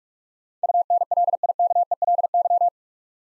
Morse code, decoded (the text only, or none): UNLIKELY